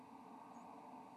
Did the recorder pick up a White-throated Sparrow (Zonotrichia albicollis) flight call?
no